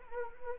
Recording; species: mosquito wingbeat signal from an infrared sensor; Anopheles arabiensis